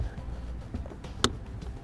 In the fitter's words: right what's the snaps back in we're good to go okay